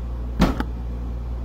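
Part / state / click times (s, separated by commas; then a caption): clamp attachment onto rotary tool / seated / 0.4 s, 0.6 s. A clamp attachment is put back onto a rotary tool and snaps into place with a short, sharp snap. Two quick clicks are heard at about 0.4 s and 0.6 s over a steady low hum, and the clamp is seated.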